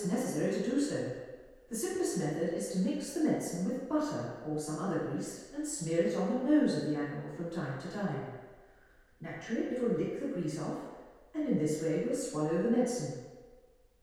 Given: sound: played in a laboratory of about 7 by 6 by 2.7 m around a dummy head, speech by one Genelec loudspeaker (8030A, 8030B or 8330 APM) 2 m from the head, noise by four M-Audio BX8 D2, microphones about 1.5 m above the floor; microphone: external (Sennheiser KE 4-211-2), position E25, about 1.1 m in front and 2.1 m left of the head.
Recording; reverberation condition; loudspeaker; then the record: female speech in English; high; 150 degrees to the left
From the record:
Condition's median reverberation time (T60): about 1300 ms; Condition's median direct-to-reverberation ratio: about -4.0 dB